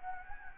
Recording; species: mosquito wingbeat signal from an infrared sensor; Anopheles gambiae